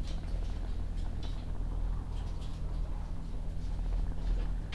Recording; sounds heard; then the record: poultry house recording; sick chickens (respiratory disease)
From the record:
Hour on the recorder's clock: 16